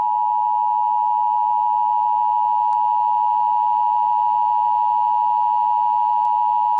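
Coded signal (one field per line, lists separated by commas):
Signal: Emergency Alert System (SAME) tones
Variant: 853 and 960 Hz attention tone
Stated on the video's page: Fictional EAS scenario, simulated alert.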